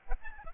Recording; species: mosquito wingbeat signal from an infrared sensor; Aedes albopictus